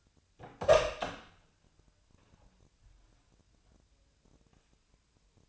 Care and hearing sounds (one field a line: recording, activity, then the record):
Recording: daily activity, microphone in the room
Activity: open door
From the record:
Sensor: 2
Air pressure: 1007.4 hPa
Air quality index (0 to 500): 181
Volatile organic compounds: 10 ppm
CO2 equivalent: 2222 ppm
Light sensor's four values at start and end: 9/22/9/9 and 10/23/10/10